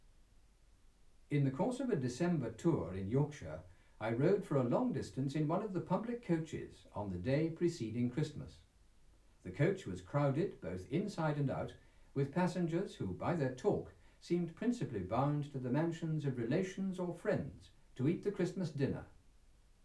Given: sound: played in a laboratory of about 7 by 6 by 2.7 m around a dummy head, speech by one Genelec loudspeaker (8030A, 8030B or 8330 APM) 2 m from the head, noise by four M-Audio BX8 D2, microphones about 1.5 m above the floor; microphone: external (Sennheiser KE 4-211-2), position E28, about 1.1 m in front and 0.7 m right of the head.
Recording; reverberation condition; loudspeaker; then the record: male speech in English; low; 150 degrees to the left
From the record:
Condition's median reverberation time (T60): about 310 ms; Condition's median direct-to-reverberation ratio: about 3.5 dB